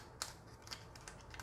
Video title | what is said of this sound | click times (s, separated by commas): Eathrise Quentesson Allicon Video review | Just snaps right in like that. | 0.2 s